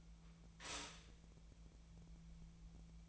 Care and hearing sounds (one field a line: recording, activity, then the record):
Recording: daily activity, microphone in the room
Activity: stop toaster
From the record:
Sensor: 1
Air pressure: 1000.3 hPa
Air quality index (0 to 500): 157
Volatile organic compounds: 3 ppm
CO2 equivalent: 1466 ppm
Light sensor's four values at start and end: 26/66/27/33 and 27/67/28/33